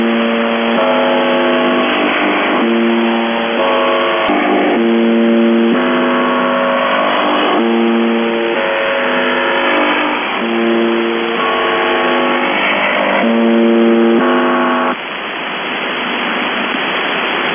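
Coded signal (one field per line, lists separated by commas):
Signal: channel marker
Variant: UVB-76 (The Buzzer)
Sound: harsh low buzzes about a second long, repeating with short gaps, over shortwave hiss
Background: radio static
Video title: The Buzzer/UVB-76(4625Khz) August 26, 2021 Voice messages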